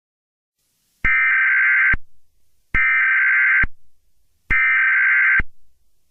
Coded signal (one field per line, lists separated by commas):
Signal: Emergency Alert System (SAME) tones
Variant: header bursts